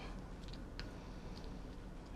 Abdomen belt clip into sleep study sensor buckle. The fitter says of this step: and it just snaps in place so this will go around your stomach